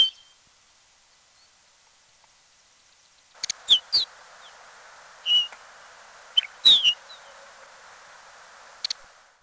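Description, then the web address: Lapland Longspur giving scattered short calls, single chips and a few whistled slurred notes, spaced irregularly over background hiss that begins partway through. "Peterson North American Birds. lalo"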